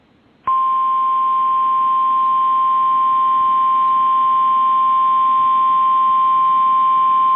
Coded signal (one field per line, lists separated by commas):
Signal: Emergency Alert System (SAME) tones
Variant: 1050 Hz attention tone